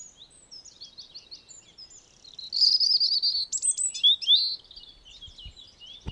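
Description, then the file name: European robin with soft, high twittering notes that swell into a loud, fluid, tinkling phrase with trills for about two seconds, then trail off. "Erithacus rubecula"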